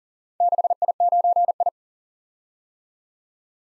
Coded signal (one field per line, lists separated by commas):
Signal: Morse code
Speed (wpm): 40 wpm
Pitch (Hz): 700 Hz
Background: none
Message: 6I9I